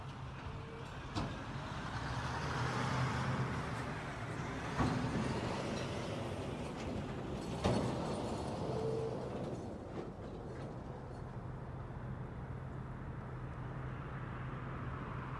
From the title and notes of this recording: This episode features an old, Western American town and its relaxing traffic soundscape on a very easy-going afternoon.